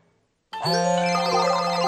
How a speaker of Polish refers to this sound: Słyszysz? To tysiące przedsiębiorców właśnie odbiera telefon z nowym zleceniem.